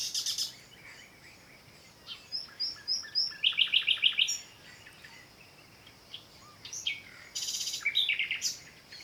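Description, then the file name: Common nightingale song: a burst of high buzzy notes, a short run of thin whistles, then a fast series of repeated sharp notes, a pause and another buzzy, chattering phrase. "Luscinia megarhynchos"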